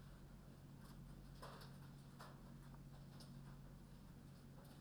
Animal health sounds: poultry house recording; no chicken sound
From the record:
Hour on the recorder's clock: 21

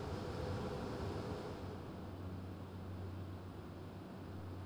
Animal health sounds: poultry house recording; no chicken sound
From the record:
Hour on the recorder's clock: 1

